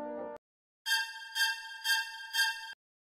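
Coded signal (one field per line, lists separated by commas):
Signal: none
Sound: game's melody beeps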